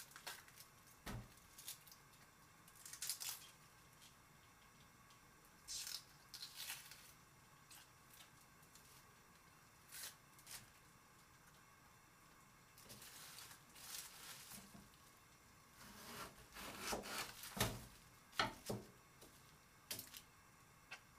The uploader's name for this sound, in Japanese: 洗い物の後はえびそば